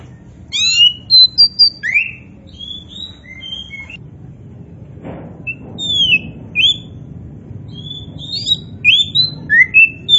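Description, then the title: Oriental magpie-robin giving clear downslurred whistles and sharp rising notes in quick phrases, pausing briefly midway, then resuming with varied whistled notes. Poci form of the bird, described as gacor, singing vigorously. "Kacer Poci Gacor"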